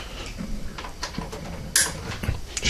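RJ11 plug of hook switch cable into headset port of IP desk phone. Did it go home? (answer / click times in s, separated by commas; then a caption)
yes / 1.8 s. The RJ11 end of an APV6A electronic hook switch cable, used to connect a Plantronics CS50 base, is pushed into the headset port on the back of an Avaya 9608 IP desk phone. After a few faint handling taps, a sharp bright snap is heard at 1.8 s as the plug's plastic latch locks. The plug is seated.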